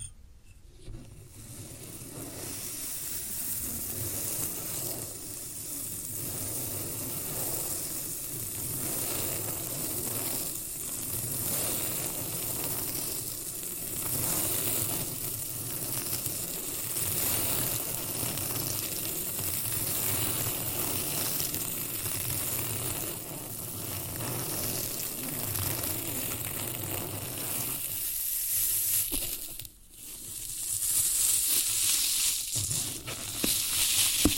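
Floral foam being worked gives a dense, steady crackling hiss, like fine sizzling, that runs almost without break from the first second on. Near the thirty-second mark it drops out briefly, then returns louder and brighter until the end.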